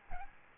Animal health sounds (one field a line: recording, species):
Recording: mosquito wingbeat signal from an infrared sensor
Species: Aedes albopictus